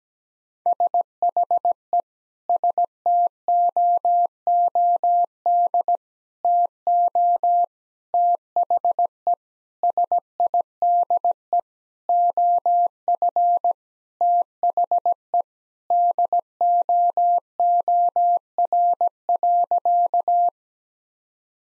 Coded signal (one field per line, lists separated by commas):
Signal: Morse code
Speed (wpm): 17 wpm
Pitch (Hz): 700 Hz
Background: none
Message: SHE STOOD TO THE SIDE OF THE DOOR.